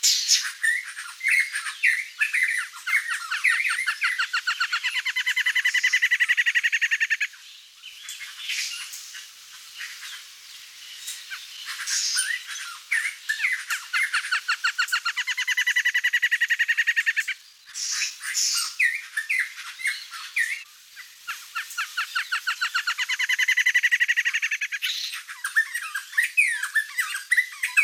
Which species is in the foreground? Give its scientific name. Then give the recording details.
Campylorhynchus rufinucha. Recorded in the wild. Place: La Pacifica, San José, Umgebung Hotel, CR. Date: 1992-04-15. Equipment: Dat-Recorder Casio DA 7, Telinga DAT, Telinga-Parabolspiegel. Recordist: Schwarz, Dieter